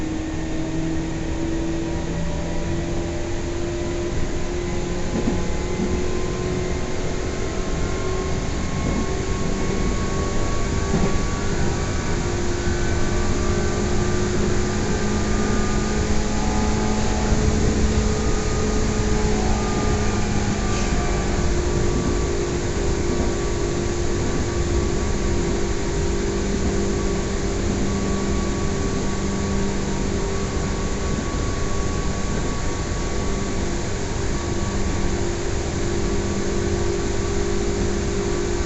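A Meitetsu Toyota Line train pulls away, its VVVF inverter whining in steady tones that climb and shift pitch in steps, most clearly in the first twenty seconds. A constant low rumble of the running train continues underneath throughout.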